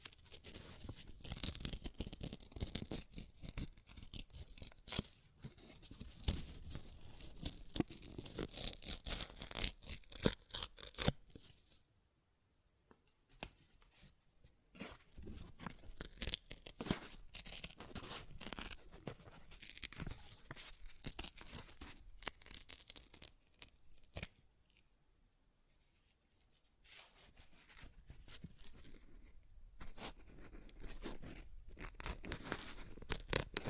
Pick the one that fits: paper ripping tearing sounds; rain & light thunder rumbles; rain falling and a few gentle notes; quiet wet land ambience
paper ripping tearing sounds